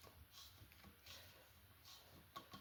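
A propane hose fitting is snugged up and coupled onto the propane inlet of a Pulsar GX400BN generator, with soft handling and rustling noises and a dull bump at about 0.7 s. A short sharp click comes at 2.4 s, and the connection is seated. The click may come from the generator's Smart Fuel Select detecting the propane tank rather than from the coupling itself.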